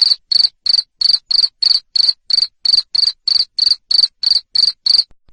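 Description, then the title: Cricket calling with loud shrill chirps at a steady quick pace, about three per second. Loud cricket chirping played to stimulate lovebirds to keep singing. "Suara JANGKRIK NGERIK Keras Bikin LOVEBIRD Jadi NGEKEK Terus"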